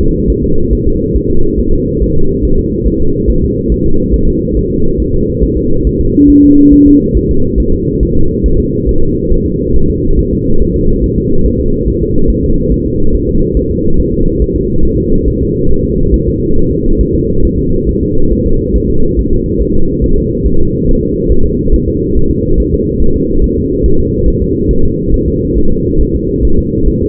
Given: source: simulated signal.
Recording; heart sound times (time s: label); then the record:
fetal heart sounds
0.01 s: S2
0.30 s: S1
0.44 s: S2
0.73 s: S1
0.87 s: S2
1.16 s: S1
1.30 s: S2
1.60 s: S1
1.74 s: S2
2.02 s: S1
2.17 s: S2
2.45 s: S1
2.59 s: S2
2.88 s: S1
3.02 s: S2
3.30 s: S1
3.44 s: S2
3.72 s: S1
3.86 s: S2
4.14 s: S1
4.28 s: S2
4.57 s: S1
4.71 s: S2
5.00 s: S1
5.14 s: S2
5.44 s: S1
5.58 s: S2
5.87 s: S1
6.01 s: S2
6.30 s: S1
6.44 s: S2
6.74 s: S1
6.88 s: S2
7.17 s: S1
7.31 s: S2
7.60 s: S1
7.74 s: S2
8.03 s: S1
8.17 s: S2
8.46 s: S1
8.60 s: S2
8.89 s: S1
9.03 s: S2
9.32 s: S1
9.46 s: S2
9.76 s: S1
9.90 s: S2
10.19 s: S1
10.33 s: S2
10.62 s: S1
10.76 s: S2
11.04 s: S1
11.18 s: S2
11.46 s: S1
11.60 s: S2
11.88 s: S1
12.02 s: S2
12.30 s: S1
12.44 s: S2
12.72 s: S1
12.86 s: S2
13.15 s: S1
13.29 s: S2
13.57 s: S1
13.71 s: S2
14.00 s: S1
14.14 s: S2
14.42 s: S1
14.56 s: S2
14.85 s: S1
14.99 s: S2
15.28 s: S1
15.42 s: S2
15.71 s: S1
15.85 s: S2
16.14 s: S1
16.28 s: S2
16.58 s: S1
16.72 s: S2
17.01 s: S1
17.15 s: S2
17.45 s: S1
17.59 s: S2
17.89 s: S1
18.03 s: S2
18.32 s: S1
18.46 s: S2
18.76 s: S1
18.90 s: S2
19.19 s: S1
19.33 s: S2
19.61 s: S1
19.76 s: S2
20.04 s: S1
20.18 s: S2
20.46 s: S1
20.60 s: S2
20.89 s: S1
21.03 s: S2
21.32 s: S1
21.46 s: S2
21.74 s: S1
21.88 s: S2
22.17 s: S1
22.31 s: S2
22.60 s: S1
22.74 s: S2
23.02 s: S1
23.16 s: S2
23.44 s: S1
23.58 s: S2
23.86 s: S1
24.00 s: S2
24.28 s: S1
24.42 s: S2
24.71 s: S1
24.85 s: S2
25.14 s: S1
25.28 s: S2
25.58 s: S1
25.72 s: S2
26.01 s: S1
26.15 s: S2
26.45 s: S1
26.59 s: S2
26.88 s: S1
27.02 s: S2
From the record:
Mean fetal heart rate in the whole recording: 140 bpm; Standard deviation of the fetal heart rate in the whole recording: 2 bpm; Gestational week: 34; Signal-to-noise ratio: -19.1 dB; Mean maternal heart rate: 72 bpm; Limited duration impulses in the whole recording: present